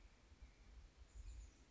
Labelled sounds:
Chestnut-backed Chickadee (Poecile rufescens)
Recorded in Sonoma County, California

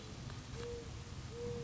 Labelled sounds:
Mourning Dove (Zenaida macroura)
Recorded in Sonoma County, California

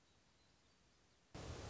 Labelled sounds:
Song Sparrow (Melospiza melodia)
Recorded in Sonoma County, California

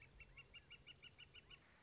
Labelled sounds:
Northern Flicker (Colaptes auratus)
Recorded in Sonoma County, California

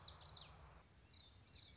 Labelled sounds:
Common Yellowthroat (Geothlypis trichas)
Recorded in Sonoma County, California

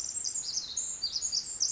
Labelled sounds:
Pacific Wren (Troglodytes pacificus)
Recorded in Sonoma County, California

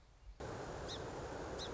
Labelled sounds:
Song Sparrow (Melospiza melodia)
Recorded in Sonoma County, California

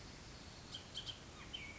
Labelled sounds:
Bullock's Oriole (Icterus bullockii)
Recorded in Sonoma County, California

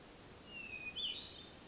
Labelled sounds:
Hermit Thrush (Catharus guttatus)
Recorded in Sonoma County, California

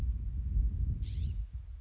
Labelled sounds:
California Scrub-Jay (Aphelocoma californica)
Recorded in Sonoma County, California

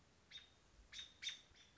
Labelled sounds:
American Robin (Turdus migratorius)
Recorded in Sonoma County, California

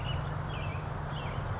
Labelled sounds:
American Robin (Turdus migratorius)
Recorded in Sonoma County, California

